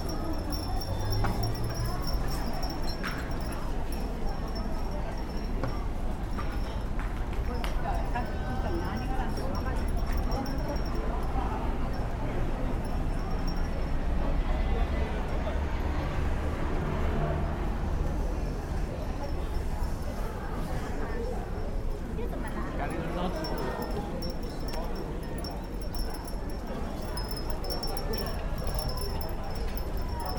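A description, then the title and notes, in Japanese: A busy crowd bustles with a wind chime ringing above it. Many overlapping voices form a dense, steady murmur over a low rumble for the whole 30 seconds. A thin, high chime tone sounds on and off, clearest near the start and end. 雑踏と風鈴（Binaural）- bustle & wind chimes。平日夕方の浅草の雷門辺りで録りました。観光客で溢れる浅草での気づきの音でした。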